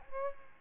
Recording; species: mosquito wingbeat signal from an infrared sensor; Aedes aegypti